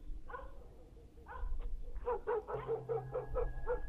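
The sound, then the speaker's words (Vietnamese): A dog barks twice with pauses, then breaks into a quick, rhythmic run of about seven sharp, mid-pitched barks, over a steady low hum in the background. “Sắp sửa đến gần chỗ Sáu Hùng, Bỗng nhiên người đàn ông quái dị nghe tiếng xó chó sủa, nét mặt của ông ta nhăn nhó ngần ngừ.”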